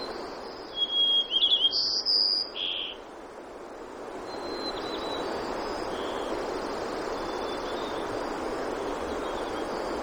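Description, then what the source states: White-crowned sparrow singing a short high phrase near the start, whistles running into buzzy trills, followed by faint scattered high notes over constant rushing noise. Recorded in Denali, Alaska, on 3 June 2012.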